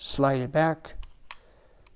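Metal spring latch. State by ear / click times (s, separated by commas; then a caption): seated / 1.3 s. Someone talks as the forearm of a Browning Superposed Diana over/under shotgun is slid back onto the barrels. The forearm release latch is pressed down and clicks home sharply at 1.3 s, completing reassembly, followed by faint ticks near 1.9 and 2.0 s.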